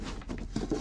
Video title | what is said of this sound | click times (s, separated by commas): I'M GONNA PACK IT #12 - 100 Year Old Typewriter! | yeah it fits fine still yeah locks into place | 0.6 s